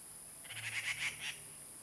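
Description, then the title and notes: Grey treepie giving a quick series of about five harsh, grating notes around a second long, over steady background hiss. Birds singing on the ground at Puli Township, Nantou County, Taiwan. "545台灣南投縣埔里鎮成功里種瓜路113號 - 藏機閣的第一聲. Dendrocitta formosae , Birds singing in the ground"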